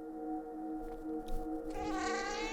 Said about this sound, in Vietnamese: Lại có tiếng mèo kêu ai oán lọt vào trong đầu Phong.